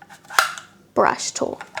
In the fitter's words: it's very similar to my handheld and how it attaches it'll just click